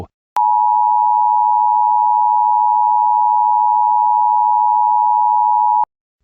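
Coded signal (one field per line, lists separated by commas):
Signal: Emergency Alert System (SAME) tones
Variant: 853 and 960 Hz attention tone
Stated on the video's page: Fictional mock scenario alert about terrorism leading to a national emergency.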